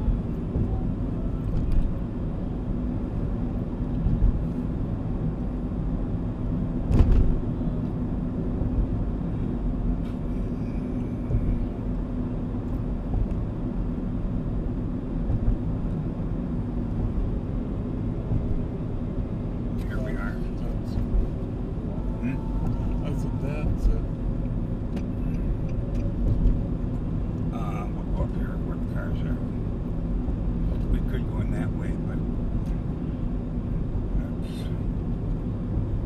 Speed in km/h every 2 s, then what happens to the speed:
57, 59, 60, 60, 60, 59, 59, 57, 56, 56, 55, 54, 54, 53, 53, 52, 52, 50.
0-36 slows to 50.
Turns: none.